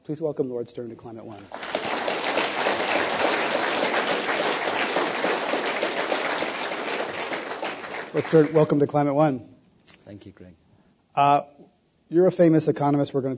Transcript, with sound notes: Please welcome Lord Stern to Climate one.
[Applause]
Lord Stern, welcome to Climate One.
Lord Nicholas SternThank you, Greg.
You're a famous economist.